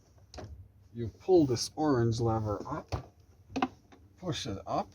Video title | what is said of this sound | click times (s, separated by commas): Toyota Noah Review 1st Gen Import from Japan | to fold this completely it locks in place then | 0.3 s